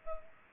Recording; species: mosquito wingbeat signal from an infrared sensor; Culex pipiens